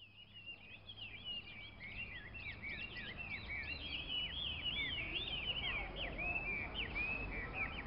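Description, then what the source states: Many songbirds sing at once, a busy chorus of looping whistles and chirps that grows slightly louder through the first half and then holds steady, with a low rumble beneath. Dozens of caged songbirds singing in a quiet part of the Temple of Heaven Park in central Beijing, China, on 31 October 2006.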